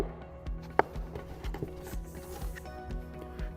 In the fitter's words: And again, if you do it correctly, you'll hear a click.